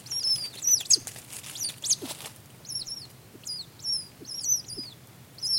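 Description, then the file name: Rail squeaks, high and sharply bent, coming in quick groups of two or three, with a short noisy rustle early on. "kuina"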